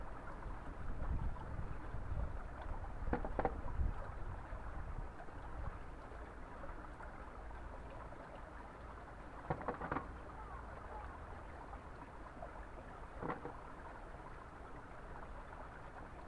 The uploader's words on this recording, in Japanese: 湧水で大根洗い。急に寒さが増し、いよいよ切り干し大根づくりはじまります。そのための大根洗いを、いつもの富士湧水の洗い場で行います。洗い場の向かいはお寺。